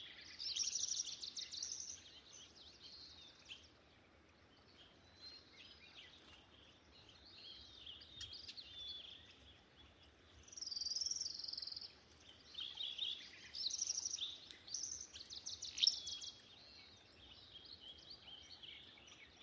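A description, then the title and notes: A dawn chorus in a swamp: bright, busy birdsong in overlapping bursts, loudest near the start and around eleven and fifteen seconds, over faint low rumble. Long Swamp Dawn Chorus.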